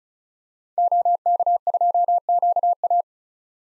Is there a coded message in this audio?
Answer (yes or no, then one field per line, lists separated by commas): yes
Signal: Morse code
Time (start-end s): 0.8-3.0 s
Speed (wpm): 36 wpm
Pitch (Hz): 700 Hz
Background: none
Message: OK2QA